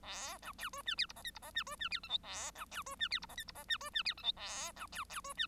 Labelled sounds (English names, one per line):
Bengalese Finch song